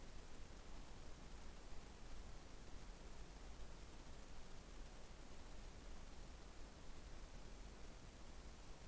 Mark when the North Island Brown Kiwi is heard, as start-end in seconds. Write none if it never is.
none